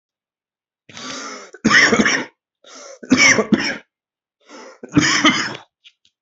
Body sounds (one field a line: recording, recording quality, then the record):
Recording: shallow voluntary cough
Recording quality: excellent, no background noise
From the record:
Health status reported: healthy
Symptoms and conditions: cough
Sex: male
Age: 18 years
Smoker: not ticked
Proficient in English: yes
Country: India